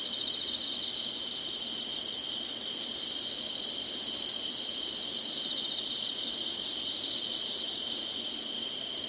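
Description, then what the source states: Insect chorus of continuous high, shrill trilling, with a few slightly louder swells spread through it. Singing insects in summer.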